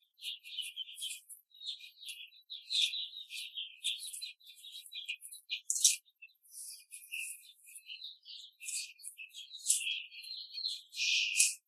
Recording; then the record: young laying hens in a cage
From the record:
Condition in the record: control cage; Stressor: none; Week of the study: 5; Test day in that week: 1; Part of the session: 2